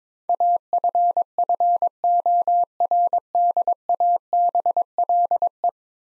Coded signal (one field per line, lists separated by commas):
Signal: Morse code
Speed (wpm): 22 wpm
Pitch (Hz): 700 Hz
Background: none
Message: AFFORDABLE